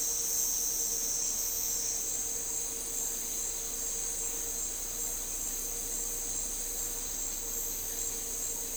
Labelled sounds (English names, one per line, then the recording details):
none
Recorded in dense forest near Puerto Asís, Putumayo, Colombia, on 4 March 2025 at 13:30
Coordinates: 0.467, -76.328
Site G041